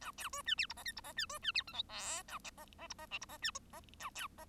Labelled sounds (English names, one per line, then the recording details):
Bengalese Finch song
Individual Bird1